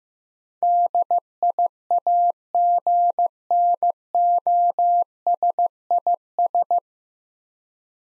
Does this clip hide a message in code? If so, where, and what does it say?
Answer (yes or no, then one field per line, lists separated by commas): yes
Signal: Morse code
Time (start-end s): 0.6-6.8 s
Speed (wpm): 15 wpm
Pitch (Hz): 700 Hz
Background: none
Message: DIAGNOSIS